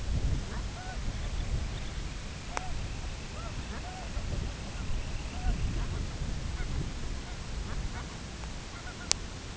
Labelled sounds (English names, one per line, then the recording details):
Brent Goose
Semipalmated Sandpiper
unidentified sound
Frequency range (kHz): Semipalmated Sandpiper 2.2-4.1 kHz
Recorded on Arctic tundra, site CORI-1, on 18 June 2018
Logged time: 22:00